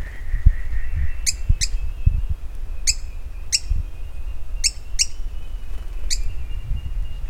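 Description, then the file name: Bird calls: about seven crisp chirps, some in quick pairs, spread across the stretch, with low knocks and a continuous rumbling background. "SABIOD 50 bird 2015"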